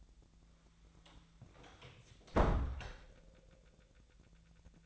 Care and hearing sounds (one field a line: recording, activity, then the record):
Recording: daily activity, microphone in the room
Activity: close door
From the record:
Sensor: 3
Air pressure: 1000.4 hPa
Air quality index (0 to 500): 172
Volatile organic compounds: 3 ppm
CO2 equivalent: 1500 ppm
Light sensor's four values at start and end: 13/31/13/13 and 13/30/13/13